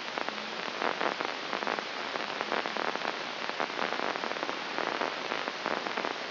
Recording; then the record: brain microelectrode recording played as sound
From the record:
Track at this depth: inside the subthalamic nucleus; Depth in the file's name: 3.228 mm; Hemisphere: left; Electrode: 2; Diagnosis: Parkinson's disease